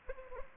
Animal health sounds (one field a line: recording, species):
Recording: mosquito wingbeat signal from an infrared sensor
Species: Anopheles arabiensis